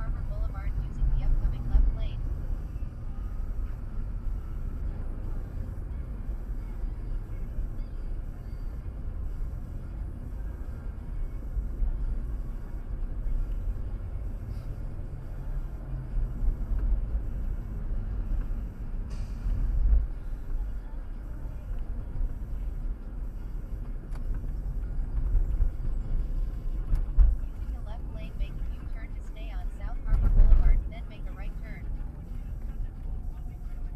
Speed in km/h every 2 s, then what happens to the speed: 29, 34, 35, 37, 37, 39, 40, 40, 39, 35, 34, 35, 34, 35, 35, 35, 29.
0-5 speeds up to 37. 5-14 steady at about 39. 14-19 slows to 34. 19-30 steady at about 35. 30-34 slows to 29.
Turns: none.